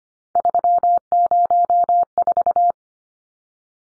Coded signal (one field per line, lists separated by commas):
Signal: Morse code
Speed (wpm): 25 wpm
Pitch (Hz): 700 Hz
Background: none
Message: 304